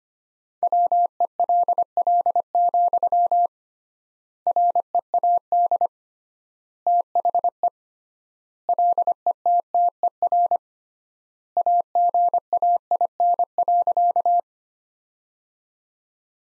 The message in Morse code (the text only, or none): WELL, READ THE LETTER AGAIN.